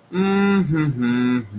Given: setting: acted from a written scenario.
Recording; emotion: vocal sound without words; neutral